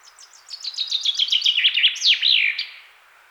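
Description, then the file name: Common chaffinch singing a cheerful cascade of quick repeated notes that tumble downward, ending with a loud, sweeping terminal flourish. "Fringilla coelebs"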